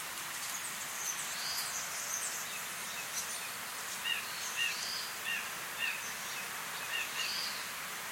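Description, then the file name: Steller's jay giving a series of several short, sharp calls over a steady hiss of background noise. "Cyanocitta stelleri - Steller's Jay"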